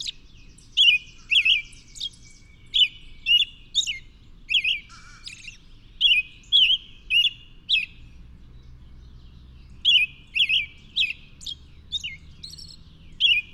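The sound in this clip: Bird chirping in bursts of bright, high downslurred notes with a clicky edge. A pause of about two seconds comes before the rapid chirps resume.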